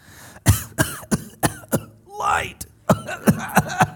He takes in more than what he can hold and he begins to cough and sputter and it sounds like he's on his dying breath.